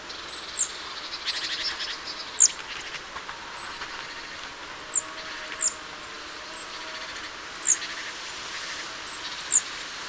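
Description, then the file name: Marsh tit calls: thin, high downslurred notes given singly at irregular intervals over a steady background hiss. "Poecile palustris"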